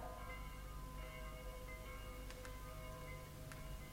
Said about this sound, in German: Heut läuten die Glocken auch für mich.